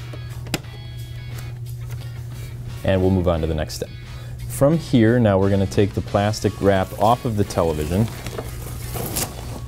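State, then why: Seated. A plastic cable-management cover is pressed back onto the top of an LG E9P OLED TV pedestal and snaps into place with one sharp, loud click at 0.5 s. A few fainter ticks follow, then someone talks over a low hum with background music.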